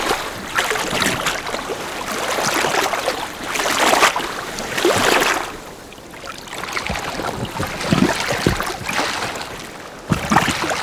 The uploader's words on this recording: Lake Wave Sound Effects. Featuring subtle splashes, enveloping water movements and calm lake ambiences, these sounds have been meticulously recorded at a lakeside on a windy day in the French Ardennes forest. All sounds are hyper-detailed with a particular attention to the foam caused by the ripples on the surface of the water.